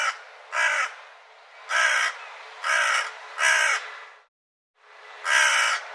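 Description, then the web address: Bird giving several harsh, raspy caws about a second apart, with a brief pause before the last. "cianscape birddata Deverinetal"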